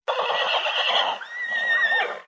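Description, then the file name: Horse whinny, a single shrill neigh lasting about two seconds, quavering and then dropping into a steadier whistled tone before fading. "Caballo"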